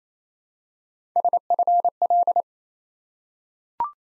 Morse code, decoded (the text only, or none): SFL